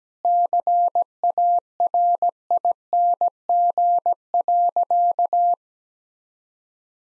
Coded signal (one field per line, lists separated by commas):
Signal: Morse code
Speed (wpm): 17 wpm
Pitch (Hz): 700 Hz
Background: none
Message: CARING.